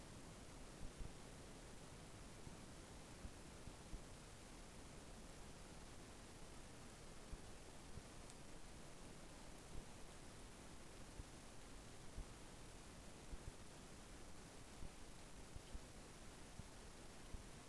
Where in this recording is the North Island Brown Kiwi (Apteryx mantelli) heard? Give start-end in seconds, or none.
none